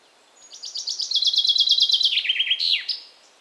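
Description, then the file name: Common chaffinch song: a bright series of notes dropping in steps into a rattling trill, closed by a quick downward-sweeping flourish. "Fringilla coelebs"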